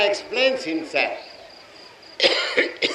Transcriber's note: coughs